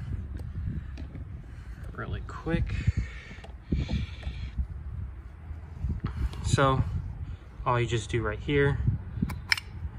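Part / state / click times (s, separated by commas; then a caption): oil filter element on oil filter housing cap / released / 9.5 s. An oil filter element is pulled off the tabs at the bottom of an oil filter housing cap, a plastic part on a metal billet cap, for a BMW E90/E91/E92/E93. Someone talks throughout, and a sharp pop at 9.5 s marks the element coming free of the cap.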